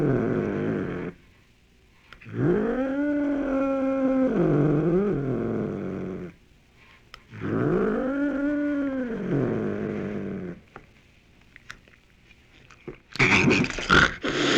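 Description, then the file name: Cougar uttering two drawn-out, arching wails, each about three to four seconds, separated by a short silence, followed by a brief burst of noise. "mountain lion"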